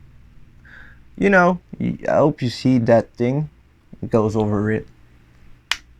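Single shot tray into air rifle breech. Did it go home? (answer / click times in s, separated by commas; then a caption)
yes / 5.7 s. A single shot loading tray for a Beeman Chief II 3000 PSI budget PCP air rifle is hooked over the breech and pushed in while someone talks. A sharp click at 5.7 s marks the tray snapping into the breech and seating in place.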